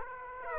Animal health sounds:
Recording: mosquito wingbeat signal from an infrared sensor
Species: Aedes aegypti

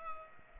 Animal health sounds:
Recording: mosquito wingbeat signal from an infrared sensor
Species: Culex pipiens

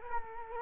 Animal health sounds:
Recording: mosquito wingbeat signal from an infrared sensor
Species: Culex quinquefasciatus

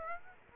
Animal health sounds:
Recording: mosquito wingbeat signal from an infrared sensor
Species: Aedes aegypti

